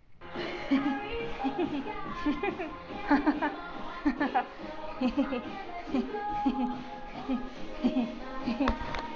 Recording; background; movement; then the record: laughter; music; walking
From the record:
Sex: female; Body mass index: 22.6 kg/m2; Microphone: on the chest, facing outward